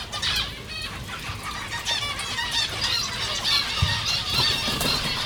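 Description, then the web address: Zebra finches calling: busy stream of buzzy, nasal notes from many birds, repeated rapidly throughout. Captive birds at a zoo in Jászberény, recorded in 2015. "jaszberenyizoo 2015 professzionalis zebrapinty"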